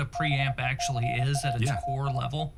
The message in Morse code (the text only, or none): BECAUSE